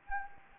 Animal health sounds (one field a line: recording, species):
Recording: mosquito wingbeat signal from an infrared sensor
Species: Anopheles gambiae